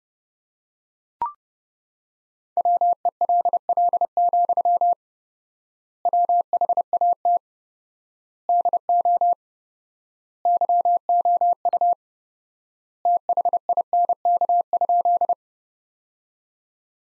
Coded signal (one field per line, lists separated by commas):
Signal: Morse code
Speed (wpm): 30 wpm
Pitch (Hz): 700 Hz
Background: none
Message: WELL, WHAT DO YOU THINK?